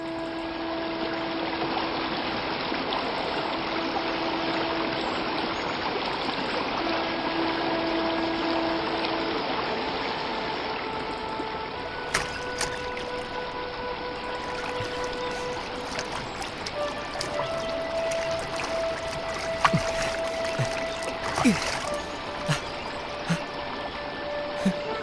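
Spring water gushes and trickles in a steady, even rush, with faint sustained tones running underneath and a few sharper splashy bursts toward the end.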